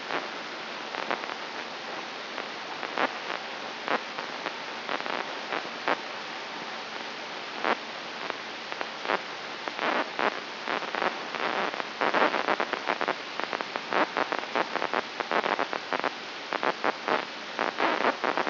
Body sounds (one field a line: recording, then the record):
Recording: brain microelectrode recording played as sound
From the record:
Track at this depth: inside the subthalamic nucleus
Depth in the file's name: 4.938 mm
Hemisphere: right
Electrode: 3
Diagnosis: Parkinson's disease